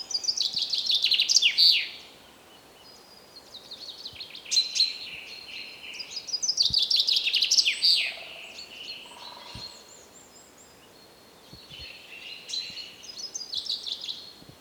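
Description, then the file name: Common chaffinch singing: four quick descending trilled phrases separated by pauses. "Fringilla coelebs"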